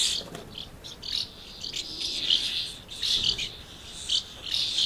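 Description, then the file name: Swallows twittering in thin, high chirps and short chattering bursts, the sound rising and falling unevenly. Swallows recorded at Amblagnieu on 2 July 2017 with an MZ-N710 recorder. "Hirondelles Amblagnieu 2 07 17"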